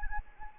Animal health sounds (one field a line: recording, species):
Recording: mosquito wingbeat signal from an infrared sensor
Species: Anopheles arabiensis